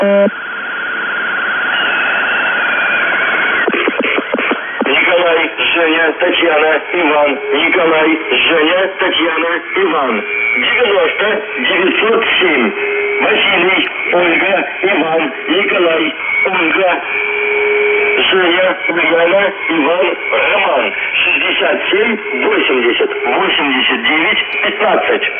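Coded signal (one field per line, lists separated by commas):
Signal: coded military voice message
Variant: UVB-76 voice message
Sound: a steady tone, then a distorted voice reading words over radio with whistling carriers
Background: radio static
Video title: UVB-76/ The Buzzer Voice Message January 19, 2022 12:43 UTC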